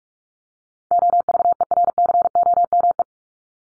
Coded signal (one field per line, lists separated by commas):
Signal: Morse code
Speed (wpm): 44 wpm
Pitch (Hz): 700 Hz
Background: none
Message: OVERCOME